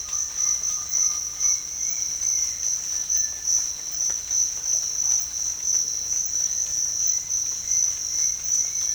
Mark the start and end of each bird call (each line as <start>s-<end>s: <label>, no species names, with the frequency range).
0.00s-1.54s: bird call (0.8-1.9 kHz)